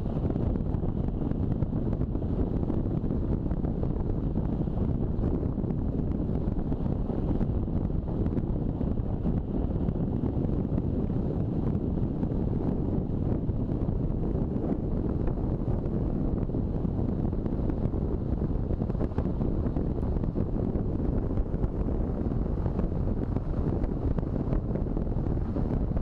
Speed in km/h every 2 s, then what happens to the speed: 37, 36, 37, 38, 37, 39, 37, 39, 37, 37, 43, 48, 43.
0-19 steady at about 37. 19-21 speeds up to 48.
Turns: none.